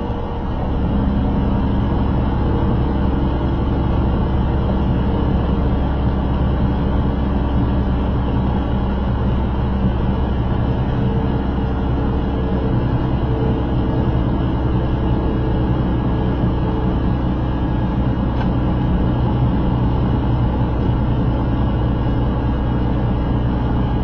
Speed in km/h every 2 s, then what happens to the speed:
89, 89, 87, 87, 85, 85, 84, 84, 82, 82, 81, 81.
0-24 steady at about 84.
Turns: none.